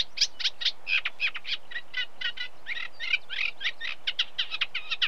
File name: Reed Warbler song of unmated male with very distant cows